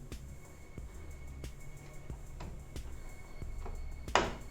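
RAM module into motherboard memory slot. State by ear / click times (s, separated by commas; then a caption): seated / 4.2 s. An 8 GB RAM stick is pushed back into a motherboard memory slot until both retaining clips snap shut. Soft taps sound over a low background hum at about 0.1, 1.4, 2.4 and 2.8 s, then one sharp, loud click at 4.2 s. The module is seated, with the two clips closing at 4.2 s.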